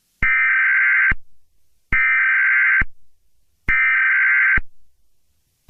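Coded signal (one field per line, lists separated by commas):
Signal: Emergency Alert System (SAME) tones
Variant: header bursts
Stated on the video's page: Mock alert scenario using borrowed tones, not a real broadcast.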